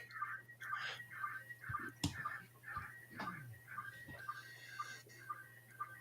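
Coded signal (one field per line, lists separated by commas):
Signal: SSTV (slow-scan television)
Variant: PD120 mode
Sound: noisy warbling tone band repeating about twice a second, with steady hum and occasional clicks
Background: mains hum, room noise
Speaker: and about three seconds it should start. There it is.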